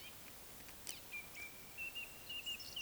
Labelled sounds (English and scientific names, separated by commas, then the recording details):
Eurasian Woodcock (Scolopax rusticola) whistle
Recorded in Baden-Württemberg, Germany, on 20 May 2021 at 19:34 UTC
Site 24606, 635 m above sea level